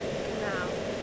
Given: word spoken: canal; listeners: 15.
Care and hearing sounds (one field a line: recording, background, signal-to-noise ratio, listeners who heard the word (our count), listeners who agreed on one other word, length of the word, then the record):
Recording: one English word in noise, from a listening test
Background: speech-shaped noise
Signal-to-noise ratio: -5.2 dB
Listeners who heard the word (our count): 4 of 15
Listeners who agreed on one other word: 10 of 15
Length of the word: 0.63 s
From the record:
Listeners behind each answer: 10, 4, 1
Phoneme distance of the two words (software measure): 31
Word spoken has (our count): 2 syllables, 5 phonemes, stress on syllable 2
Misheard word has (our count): 1 syllable, 2 phonemes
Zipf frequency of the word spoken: 4.18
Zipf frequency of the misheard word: 6.44